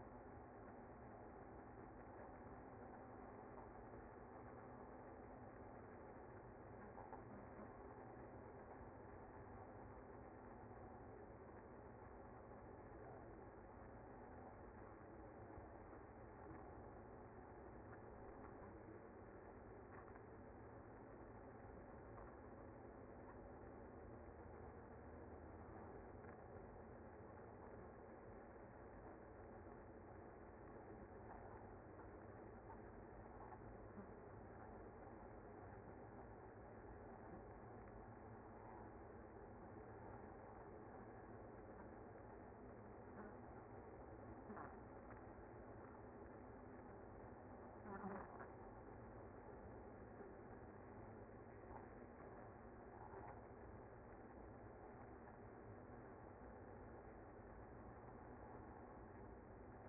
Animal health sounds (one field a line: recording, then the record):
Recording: honeybee colony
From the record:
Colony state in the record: active